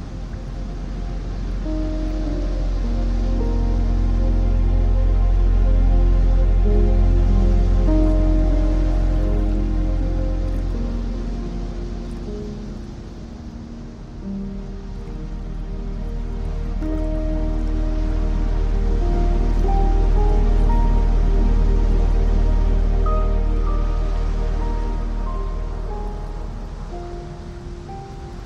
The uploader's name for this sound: Calm Piano Music, and Ocean Waves